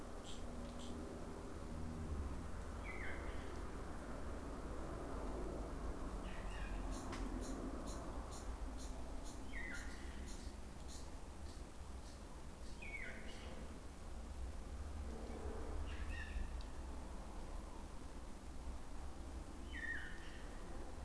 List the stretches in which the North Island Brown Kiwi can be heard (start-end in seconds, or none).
none